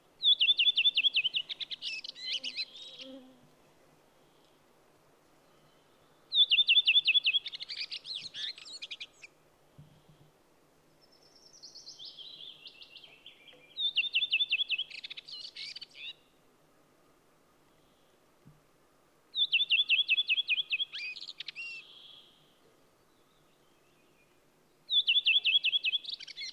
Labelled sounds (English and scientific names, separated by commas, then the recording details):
Redwing (Turdus iliacus) song
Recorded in the wild
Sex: male
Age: adult
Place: Halbinsel Kindo, Karelien, RU
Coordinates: 66.55, 33.1
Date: 1998-06-21 21:50
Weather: clear, 12°C, weak easterly winds
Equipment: Aiwa HD-S1, Telinga Pro 5
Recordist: Frommolt, Karl-Heinz